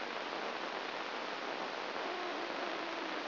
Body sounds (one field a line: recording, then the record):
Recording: brain microelectrode recording played as sound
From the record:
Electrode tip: inside the subthalamic nucleus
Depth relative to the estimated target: 0 mm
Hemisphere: left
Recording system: AlphaMap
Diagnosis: Parkinson's disease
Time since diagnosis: 9 years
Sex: female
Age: 40 years